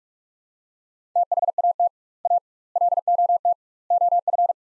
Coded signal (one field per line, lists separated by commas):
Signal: Morse code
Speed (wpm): 42 wpm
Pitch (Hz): 700 Hz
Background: none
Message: THAT A LOT OF